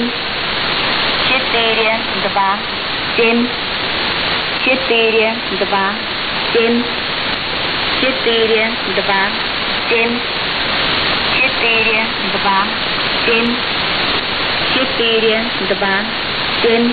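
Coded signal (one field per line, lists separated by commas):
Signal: numbers station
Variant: S06s, Russian female voice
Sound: a woman's voice reads short, evenly spaced Russian numbers through heavy static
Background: radio static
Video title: 25 06 2019 S06s Russian Lady numbers station in Russian to Eu 0730 on 7365 unknown tx site USB+AM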